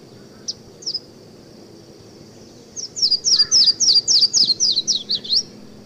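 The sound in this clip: Yellow-throated warbler singing: two lone high chips, then a run of about ten sweet down-slurred whistles that step lower toward the end, against a faint hum.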